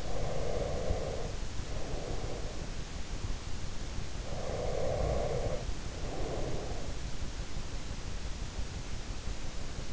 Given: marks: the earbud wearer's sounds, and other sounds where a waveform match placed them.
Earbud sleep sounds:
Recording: sounds in sleep by an in-ear microphone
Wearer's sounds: breath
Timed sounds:
0.00-2.75 s: breath
3.87-6.88 s: breath

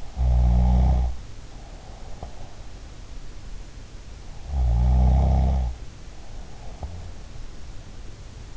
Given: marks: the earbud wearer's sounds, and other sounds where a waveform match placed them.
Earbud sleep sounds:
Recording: sounds in sleep by an in-ear microphone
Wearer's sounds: snoring breath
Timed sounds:
0.00-2.32 s: snoring breath
4.58-6.91 s: snoring breath

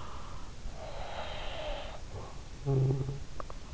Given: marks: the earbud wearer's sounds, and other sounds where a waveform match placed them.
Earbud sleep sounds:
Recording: sounds in sleep by an in-ear microphone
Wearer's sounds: snoring breath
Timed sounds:
0.66-3.74 s: snoring breath

